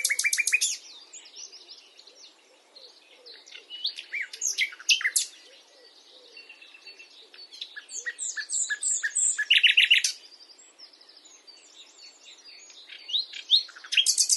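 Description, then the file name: Common nightingale song: varied bursts of sharp whistles, buzzy rattles and high clicking trills, separated by short quieter pauses. "Luscinia megarhynchos"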